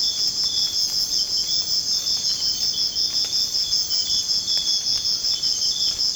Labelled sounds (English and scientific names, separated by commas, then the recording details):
none
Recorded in secondary vegetation near Puerto Asís, Putumayo, Colombia, on 24 March 2025 at 04:30
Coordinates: 0.485, -76.322
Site G040